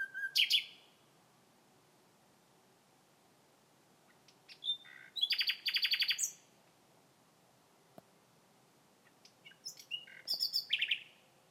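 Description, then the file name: Common nightingale song: a short whistled opening, then a burst of rapid, rattling repeated notes, and a final varied phrase ending in a slurred whistle, with quiet pauses between. "Nachtigall Gesang"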